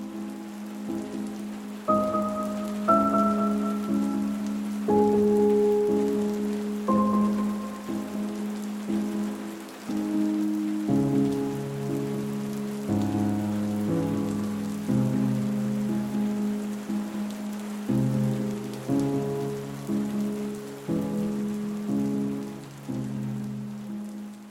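Light drizzling rain of fine droplets falls on a riverside mudflat, hissing softly and steadily beneath a slow, gentle melody of sustained, stepping low notes, with no voices.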